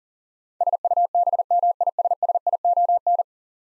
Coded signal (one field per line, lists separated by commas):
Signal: Morse code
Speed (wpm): 40 wpm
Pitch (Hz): 700 Hz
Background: none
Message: SUBMISSION